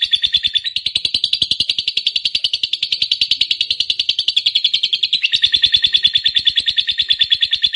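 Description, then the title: Lovebird song, an unbroken rapid chatter of harsh, buzzy notes that runs steadily throughout without breaks. Fighter lovebird, singing energetically (gacor). "Berkat SUARA Lovebird FIGHTER GACOR Ini"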